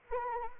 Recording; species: mosquito wingbeat signal from an infrared sensor; Anopheles arabiensis